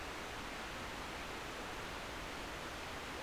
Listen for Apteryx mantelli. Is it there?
no